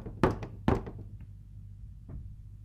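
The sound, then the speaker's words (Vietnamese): At night, two sharp, solid knocks on the wooden door of a village chief's house, evenly spaced, then a faint third tap after a pause, over a low steady hum with no voices. “cửa nhà ông lại vang lên tiếng gõ cửa hệt như ở bên nhà bà Hoa”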